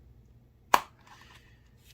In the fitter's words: Snaps right into place.